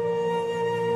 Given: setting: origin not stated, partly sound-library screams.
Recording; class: one-second piece from a danger detection set; normal situation